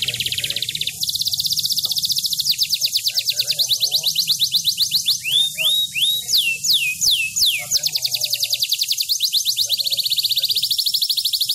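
Bird singing long rapid trills of high chips, interrupted by a few loud downslurred whistles, then resuming the fast chattering trill.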